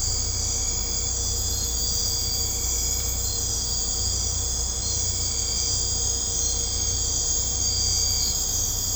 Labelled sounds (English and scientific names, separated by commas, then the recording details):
none
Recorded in secondary vegetation near Puerto Asís, Putumayo, Colombia, on 16 December 2024 at 22:30
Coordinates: 0.502, -76.326
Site G028